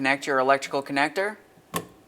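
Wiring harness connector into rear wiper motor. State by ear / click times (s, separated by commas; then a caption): seated / 1.8 s. A wiring harness electrical connector is pushed onto the new rear wiper motor of a 2000-2006 Chevy Tahoe while someone talks. A single short, sharp click at 1.8 seconds is heard as the connector seats.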